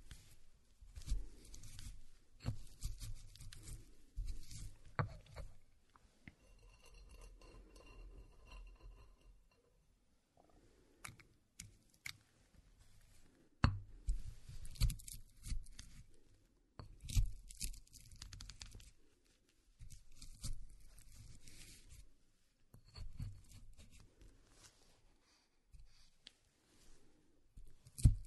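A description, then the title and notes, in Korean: Walnuts are ground by hand, giving bursts of gritty crunching and scraping with a low rumble underneath, broken by short pauses. Around six to ten seconds the grinding fades and a faint ringing, glassy tone is heard. Sharp clicks land near fourteen seconds and at the end. 호두를 직접 갈아보겠습니다. 손으로 직접 갈아먹는 호두.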